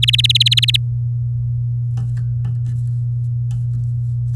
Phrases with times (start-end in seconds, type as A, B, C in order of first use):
0.02-0.77 A